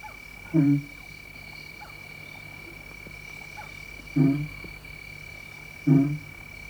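Two lions patrolling their territory separately, up to 1 kilometre apart, give three short, low grunting moans to stay in contact, each about a third of a second, spaced a few seconds apart over a faint, steady high-pitched hum.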